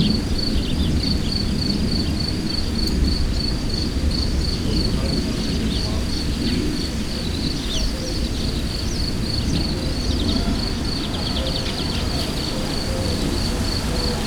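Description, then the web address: Cricket chirping in a steady, evenly pulsed high trill over heavy low rumbling wind noise. Recorded in the wild at Hortobágy, with wind sounds. "tucsok hortobagy"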